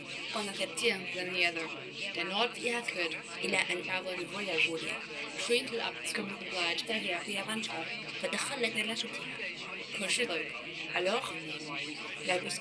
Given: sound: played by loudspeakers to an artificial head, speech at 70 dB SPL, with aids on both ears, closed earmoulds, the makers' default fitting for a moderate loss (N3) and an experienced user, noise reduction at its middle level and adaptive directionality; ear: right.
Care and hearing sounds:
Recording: speech test signal (ISTS) in cocktail-party noise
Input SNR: +3 dB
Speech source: in front (0 degrees)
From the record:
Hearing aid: class 2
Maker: C

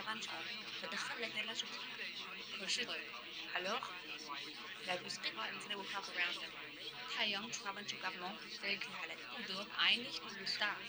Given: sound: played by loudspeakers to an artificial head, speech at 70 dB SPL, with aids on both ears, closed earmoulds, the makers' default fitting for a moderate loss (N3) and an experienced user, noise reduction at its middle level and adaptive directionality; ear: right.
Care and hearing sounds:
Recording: speech test signal (ISTS) in cocktail-party noise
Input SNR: -3 dB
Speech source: on the right (90 degrees)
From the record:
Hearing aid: class 2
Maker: F

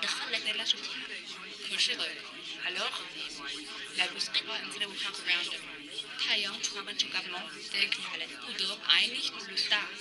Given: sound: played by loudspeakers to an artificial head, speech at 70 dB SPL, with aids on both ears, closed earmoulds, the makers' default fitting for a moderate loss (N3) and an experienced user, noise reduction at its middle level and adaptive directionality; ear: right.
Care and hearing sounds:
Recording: speech test signal (ISTS) in cocktail-party noise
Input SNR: -3 dB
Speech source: on the right (90 degrees)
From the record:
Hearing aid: class 2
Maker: B

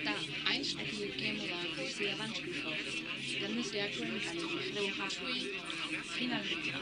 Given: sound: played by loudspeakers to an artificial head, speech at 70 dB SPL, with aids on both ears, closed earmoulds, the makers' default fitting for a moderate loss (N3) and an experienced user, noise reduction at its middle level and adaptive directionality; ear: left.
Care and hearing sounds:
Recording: speech test signal (ISTS) in cocktail-party noise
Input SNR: 0 dB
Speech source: on the right (90 degrees)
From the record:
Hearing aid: class 2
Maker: D

